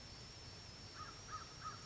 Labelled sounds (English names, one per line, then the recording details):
American Crow
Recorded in Sonoma County, California